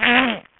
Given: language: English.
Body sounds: throat vibration sensor signal played as sound; throat clearing

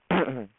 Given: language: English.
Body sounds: throat vibration sensor signal played as sound; throat clearing

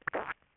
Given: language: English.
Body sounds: throat vibration sensor signal played as sound; swallow

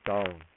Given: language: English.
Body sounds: throat vibration sensor signal played as sound; speech

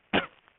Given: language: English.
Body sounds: throat vibration sensor signal played as sound; cough

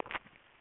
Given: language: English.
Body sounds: throat vibration sensor signal played as sound; swallow

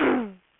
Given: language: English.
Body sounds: throat vibration sensor signal played as sound; throat clearing

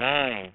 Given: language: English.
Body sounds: throat vibration sensor signal played as sound; speech

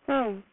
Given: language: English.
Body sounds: throat vibration sensor signal played as sound; speech

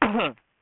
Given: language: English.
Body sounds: throat vibration sensor signal played as sound; cough

